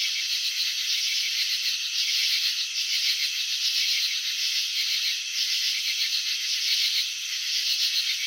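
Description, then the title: Steady cricket chirping, a sharp high-pitched trill of rapid pulses that keeps going, slightly swelling at intervals. Shown in slow motion, highlighting wing vibrations that produce the chirping and antenna movements. "Crickets in Slow Motion 📷. Capturing the Elegance of Chirping"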